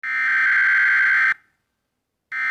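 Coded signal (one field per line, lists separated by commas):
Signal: Emergency Alert System (SAME) tones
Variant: header bursts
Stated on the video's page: Fictional mini EAS scenario.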